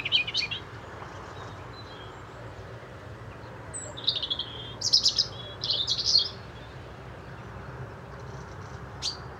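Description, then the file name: European robin song, short high thin phrases of trills and sweet notes, a brief burst at the start, then three closely spaced phrases midway and a final quick note, over faint background hiss. "Erithacus rubecula"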